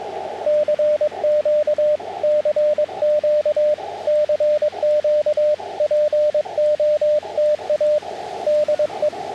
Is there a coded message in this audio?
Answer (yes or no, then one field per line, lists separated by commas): yes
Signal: Morse code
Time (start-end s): 0.5-9.1 s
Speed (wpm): 21 wpm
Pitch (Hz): 600 Hz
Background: radio noise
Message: CQ CQ CQ POTA DE